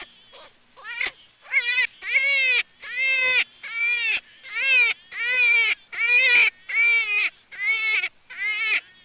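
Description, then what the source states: Jackrabbit squealing: a few faint starting notes, then strong, harmonic, wailing cries that repeat steadily with short pauses between them. Juvenile.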